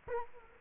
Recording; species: mosquito wingbeat signal from an infrared sensor; Culex quinquefasciatus